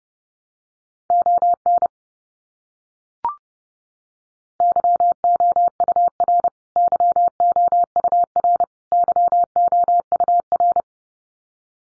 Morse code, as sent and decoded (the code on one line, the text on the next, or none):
--- -. / -.-- --- ..- .-. / -.-- --- ..- .-. / -.-- --- ..- .-.
ON YOUR YOUR YOUR